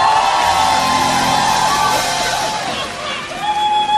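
A large TV show audience applauds and cheers for a singer after a guitar performance, with whoops and yells rising over steady clapping that stays dense throughout, dipping slightly before surging again at the end.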